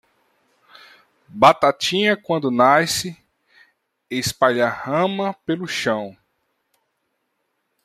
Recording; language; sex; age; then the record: short text; Brazilian Portuguese; male; 30 to 39 years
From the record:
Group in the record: control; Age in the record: 30 years